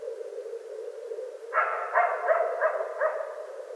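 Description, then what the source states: Coyote yipping: after a quiet start, a series of five rapid, wavering yips begins about halfway through. Recorded 25 January 2013.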